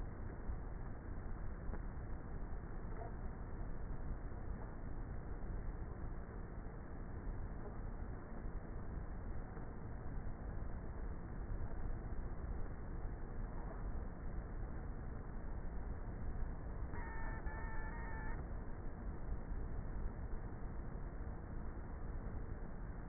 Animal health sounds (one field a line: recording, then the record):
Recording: honeybee colony, microphone inside the hive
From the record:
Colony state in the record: queenless with a low population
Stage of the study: before two queens were removed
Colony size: about 30,000 bees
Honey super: no